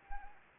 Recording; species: mosquito wingbeat signal from an infrared sensor; Anopheles gambiae